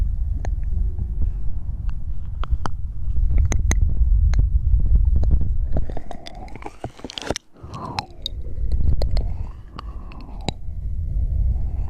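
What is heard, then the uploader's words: Mouth sounds with a low, steady rumble underneath and sharp clicks scattered irregularly through the first six seconds. Around the middle the rumble drops away briefly, and wet, sliding smacks and squelches with rising and falling tones take over before the low rumble returns. Hand Sounds & Movements, Mouth Sounds.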